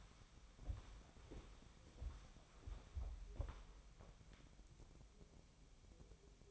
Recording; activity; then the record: daily activity, microphone in the room; walk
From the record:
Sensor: 1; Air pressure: 1015.3 hPa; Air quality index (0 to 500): 125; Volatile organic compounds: 5 ppm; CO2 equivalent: 1718 ppm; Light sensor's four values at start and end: 14/35/15/16 and 14/34/14/16